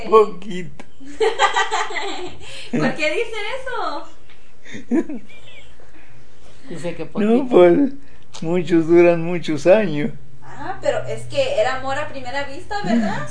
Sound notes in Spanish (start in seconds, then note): 1.2 risas; 4.6 risas